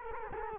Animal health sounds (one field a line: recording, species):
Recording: mosquito wingbeat signal from an infrared sensor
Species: Culex quinquefasciatus